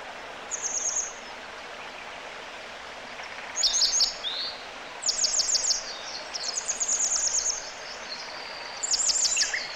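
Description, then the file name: Grey wagtail calls: very high, sharp, clipped notes in quick short runs of several, repeated in bursts over a constant rushing background noise. "kisekirei"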